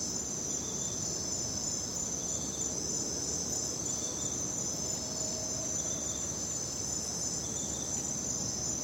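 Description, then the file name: Crickets in a constant high trill. Crickets at night. "night crickets and birds"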